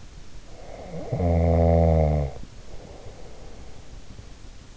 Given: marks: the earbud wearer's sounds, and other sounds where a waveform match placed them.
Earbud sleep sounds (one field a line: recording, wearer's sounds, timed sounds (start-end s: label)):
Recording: sounds in sleep by an in-ear microphone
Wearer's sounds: snoring breath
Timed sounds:
0.57-3.68 s: snoring breath